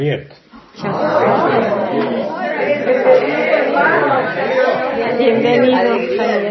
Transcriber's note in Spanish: Aplausos de júbilo del público asistente